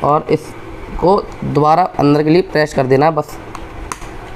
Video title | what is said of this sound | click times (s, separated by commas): How to open black button in Steel bird SBH 17 tarminator helmet// visor lock problem solved | cut की आवाज़ आएगी और ये lock हो जाएगा। | 3.9 s